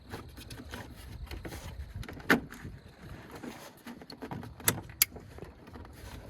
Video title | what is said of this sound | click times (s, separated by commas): "$6000 Audio System Install" Seller Said... It was CLEAN they said... IT WAS ABOUT TO CATCH FIRE🔥 | satisfying little clicks and everything is back in place now | 2.3 s, 4.7 s, 5.0 s